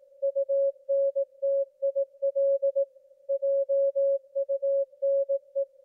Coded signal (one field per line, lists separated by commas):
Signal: Morse code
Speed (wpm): 18 wpm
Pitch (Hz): 550 Hz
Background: music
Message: UNTIL JUNE